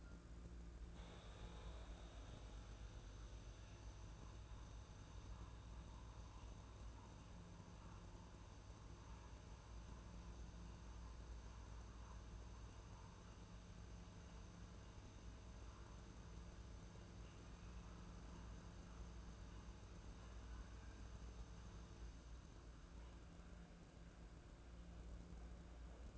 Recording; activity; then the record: daily activity, microphone in the room; make coffee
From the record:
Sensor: 2